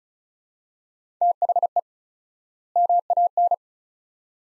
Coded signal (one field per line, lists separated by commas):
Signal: Morse code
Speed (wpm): 36 wpm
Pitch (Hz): 700 Hz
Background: none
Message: THE MAN